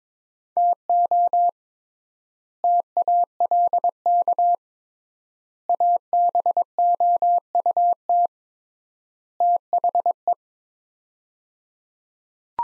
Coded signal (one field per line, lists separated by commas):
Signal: Morse code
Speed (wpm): 22 wpm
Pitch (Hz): 700 Hz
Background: none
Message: TO TALK ABOUT THE